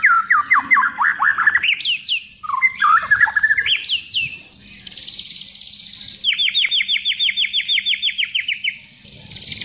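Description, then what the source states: White-rumped shama song mixing fast downslurred chirps, upswept whistles, a harsh buzzy burst and a long even rattle of repeated notes. Song imitating canary song.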